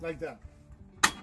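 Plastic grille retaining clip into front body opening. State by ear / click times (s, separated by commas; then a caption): seated / 1.0 s. Someone talks briefly, then a plastic grille retaining clip is pressed into a front body opening on a Chevrolet Trailblazer. It seats with a single sharp snap at 1.0 s.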